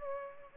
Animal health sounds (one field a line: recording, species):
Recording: mosquito wingbeat signal from an infrared sensor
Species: Culex pipiens